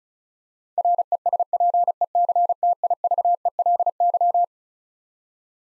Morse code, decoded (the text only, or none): RESPECTIVELY